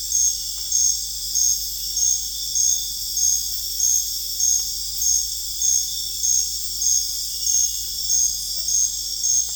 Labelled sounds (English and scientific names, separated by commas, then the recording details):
none
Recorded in dense forest near Puerto Asís, Putumayo, Colombia, on 20 December 2024 at 22:00
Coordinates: 0.484, -76.325
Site G056